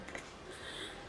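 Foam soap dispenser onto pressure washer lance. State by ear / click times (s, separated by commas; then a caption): seated / 0.1 s. A plastic foam soap dispenser bottle is attached onto the lance of a STARQ W6 2400W 220 bar heavy-duty high-pressure washer using its built-in locking. Two small soft clicks are heard at 0.1 s and 0.2 s as it locks in place, seated.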